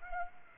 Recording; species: mosquito wingbeat signal from an infrared sensor; Aedes aegypti